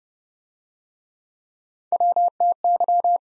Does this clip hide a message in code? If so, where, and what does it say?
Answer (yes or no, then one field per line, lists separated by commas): yes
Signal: Morse code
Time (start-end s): 1.9-3.2 s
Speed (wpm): 34 wpm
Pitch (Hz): 700 Hz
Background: none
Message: WTY